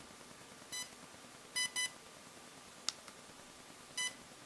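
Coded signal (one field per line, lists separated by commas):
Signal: none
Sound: gimbal's power-on beeps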